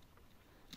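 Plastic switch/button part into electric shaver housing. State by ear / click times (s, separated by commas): not seated / none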